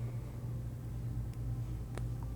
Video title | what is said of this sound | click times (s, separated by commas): How to Install TST Mech-GTR LED Front Turn Signals on 2024+ Yamaha MT-09 by TST Industries | wait for the click | 2.0 s